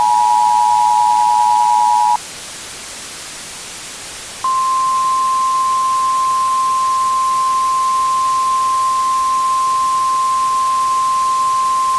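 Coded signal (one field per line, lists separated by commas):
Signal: Emergency Alert System (SAME) tones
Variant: 853 and 960 Hz attention tone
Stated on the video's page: Fictional alert made with text-to-speech and audio editing software.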